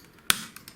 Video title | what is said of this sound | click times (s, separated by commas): Bilgisayarımıza Evde Nasıl Bakım Yaparız - Anakart Tamiri | It makes a clicking sound. | 0.3 s